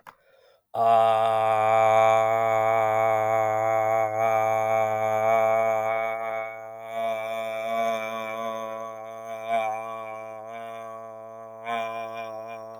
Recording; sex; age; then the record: vowel held as long as possible; male; 30 to 39 years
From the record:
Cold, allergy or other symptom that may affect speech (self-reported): no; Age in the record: 30 years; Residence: Ohio, United States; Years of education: 17